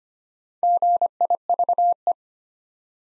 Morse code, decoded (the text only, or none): GIVE